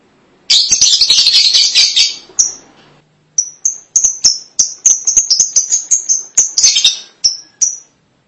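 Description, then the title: Lovebird chatter: a loud burst of harsh, high twittering, a pause, then quick sharp chips repeated several times a second with short scratchy flurries. "BM Suara Burung Lovebird"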